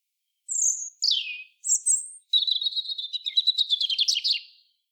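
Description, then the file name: European robin song opening with a high thin whistle, a falling slur and another high note, then a rapid, rattling trill of sharp high notes lasting over two seconds. "Erithacus rubecula"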